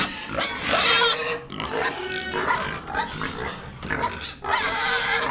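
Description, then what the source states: Loud, almost continuous pig squealing, harsh and high, with overlapping cries and brief dips before the next outburst. Recorded in a piggery.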